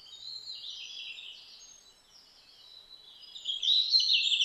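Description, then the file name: Red-flanked bluetail song: soft, high warbling notes that dip quiet midway, then a louder, bright phrase at the end. Recorded 12 July 2009, around 07:28 in the morning. "ruribitaki 20090712"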